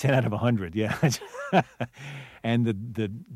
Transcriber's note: laughs